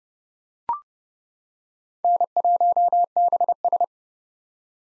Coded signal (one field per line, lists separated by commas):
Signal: Morse code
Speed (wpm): 32 wpm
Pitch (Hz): 700 Hz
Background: none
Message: N1BS